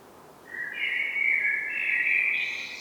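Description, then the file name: Common blackbird: a single mellow, warbling phrase that swells in volume and ends with a higher, thinner flourish. "Turdus merula"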